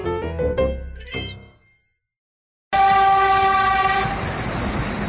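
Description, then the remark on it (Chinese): A loud train horn sounds in a sustained, harmonic blast that fades out, then after a short silence a train roars past in a dense, steady rumble with a tonal whine running through it. “火车呼啸而过，”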